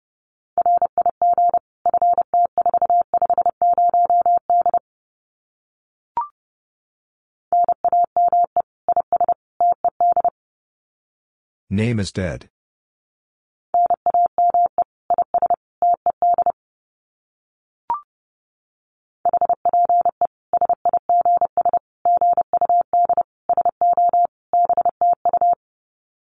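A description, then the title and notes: Morse code is sent as a steady mid-pitched beep, keyed in quick bursts of short and long tones grouped into runs separated by pauses. Around twelve seconds a brief rough, scratchy noise breaks in, and a couple of faint clicks fall in the gaps. Common QSO Phrases 30wpm. First, the phrase is sent in Morse code.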